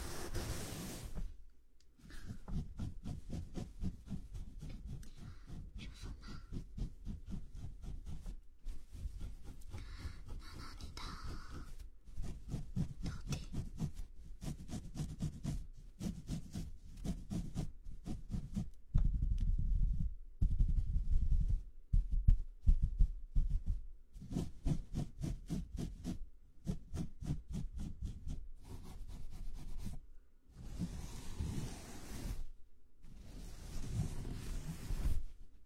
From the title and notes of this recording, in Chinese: 为弟弟做头部肩部按摩。